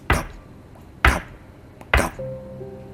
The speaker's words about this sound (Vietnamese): Đang bình thường như vậy thì em nghe tiếng ai gõ cửa các bạn.